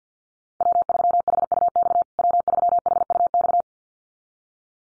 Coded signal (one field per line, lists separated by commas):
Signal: Morse code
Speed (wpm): 50 wpm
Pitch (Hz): 700 Hz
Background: none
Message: W3HUX W3HUX